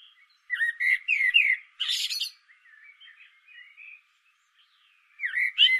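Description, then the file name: Common blackbird singing a rich fluty phrase that breaks into a harsh high chatter. Quiet warbling follows, then a new mellow phrase begins at the end. "Turdus merula"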